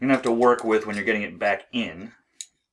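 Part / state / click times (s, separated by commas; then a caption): sliding plastic toy part into its detent position / seated / 2.4 s. A plastic part of a transforming robot toy is pulled out along its track until it reaches a detent. Someone talks for the first two seconds, then a short, sharp click sounds at 2.4 s as the part clicks into its extended position and sits steady.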